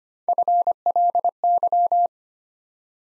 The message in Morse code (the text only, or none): FLY